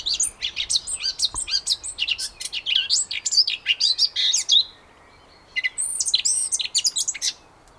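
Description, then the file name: Eurasian blackcap song: a fast, scratchy, tumbling warble lasting about four seconds, a brief silence, then another quick warbled phrase. "Sylvia atricapilla"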